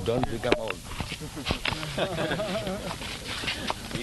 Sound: laughter

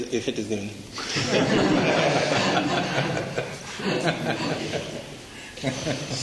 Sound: laughter

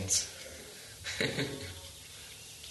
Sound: laughs

